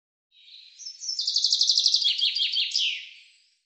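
Bird singing a quick high trill of even repeated notes that slides into several descending slurred notes and a final flourish, against silence.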